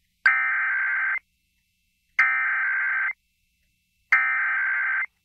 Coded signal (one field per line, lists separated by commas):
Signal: Emergency Alert System (SAME) tones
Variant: header bursts